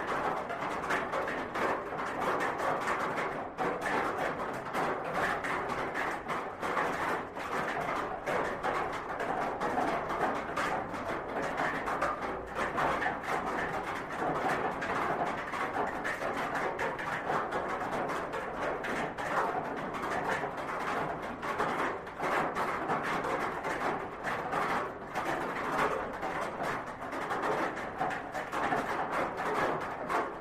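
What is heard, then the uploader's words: Soft rain patters on a metal roof in a steady, dense wash of fine taps that never lets up. The sound is mid-toned, with no distinct louder drops or breaks across the half minute, and nothing else stands out behind it. Soft Rain On A Metal Roof. This sound has no thunder just the sound of rain.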